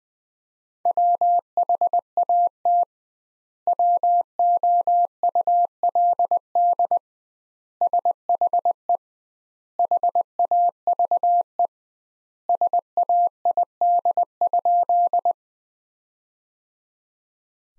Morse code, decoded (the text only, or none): WHAT WOULD SHE HAVE SAID?